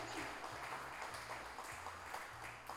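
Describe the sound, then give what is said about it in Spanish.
A crowd at a pluricultural gathering in Salta applauds a woman steadily for a few seconds, a dense, even patter of many hands clapping with no voices rising above it, fairly soft in level. “y quiero que pedirles un aplauso para ella.”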